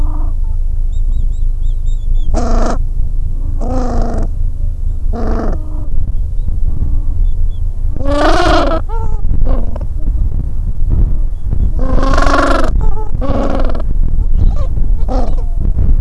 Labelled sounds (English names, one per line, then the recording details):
Gentoo Penguin
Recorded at the colony at Godthul, on 25 December 2014
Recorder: Song Meter SM2+